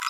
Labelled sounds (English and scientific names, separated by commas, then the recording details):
Green-rumped Parrotlet (Forpus passerinus) babbling
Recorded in a nest box in Venezuela
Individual 18B25A4